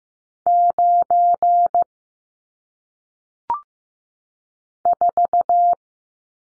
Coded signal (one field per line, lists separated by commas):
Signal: Morse code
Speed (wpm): 15 wpm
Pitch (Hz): 700 Hz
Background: none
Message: 9 4